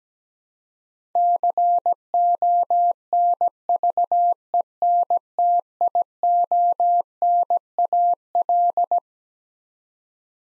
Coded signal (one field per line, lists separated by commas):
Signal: Morse code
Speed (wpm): 17 wpm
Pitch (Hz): 700 Hz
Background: none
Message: CONVENTIONAL